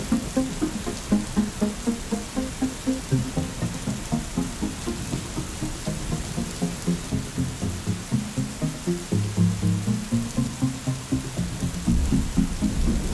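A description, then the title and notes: Rain falls steadily throughout, a constant soft hiss over a busier, lower layer of sound. Quick, regular thuds repeat several times a second like hurried footsteps, and a deep rumble swells in near the end, possibly a passing vehicle. A walk through the rain.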